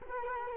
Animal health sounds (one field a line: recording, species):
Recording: mosquito wingbeat signal from an infrared sensor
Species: Culex quinquefasciatus